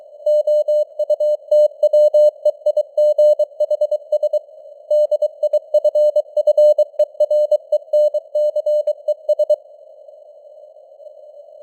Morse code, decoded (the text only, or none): OUTWEIGHS DIFFERENCES